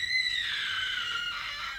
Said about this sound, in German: Was war das? Hörte sich an wie ein Schrei?